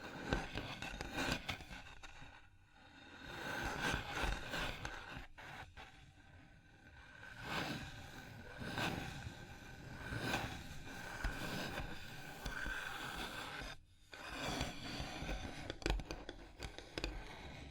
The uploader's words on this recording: ASMR Hypnotic Surface Tapping, Scratching, Tracing Sounds (No Talking).